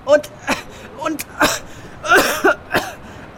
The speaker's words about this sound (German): Jetzt hast du auch den Husten?